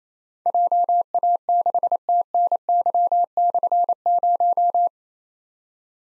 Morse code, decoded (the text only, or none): JA6TNY/0